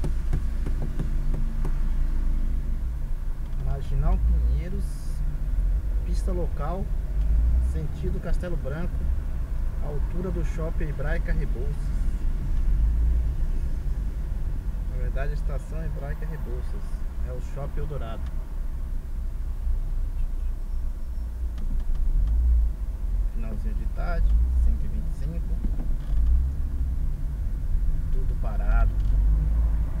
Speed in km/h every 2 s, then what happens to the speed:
0, 0, 0, 12, 11, 10, 10, 7, 4, 2, 1, 6, 9, 12, 17.
0-4 standing. 4-6 pulls away to 12. 6-18 slows to 2. 18-20 standing. 20-30 pulls away to 17.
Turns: none.